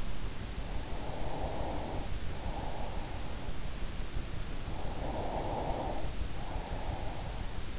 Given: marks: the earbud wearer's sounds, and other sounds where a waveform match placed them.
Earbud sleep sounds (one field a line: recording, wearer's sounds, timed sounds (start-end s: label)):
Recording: sounds in sleep by an in-ear microphone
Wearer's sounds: breath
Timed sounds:
0.70-3.93 s: breath
4.43-7.79 s: breath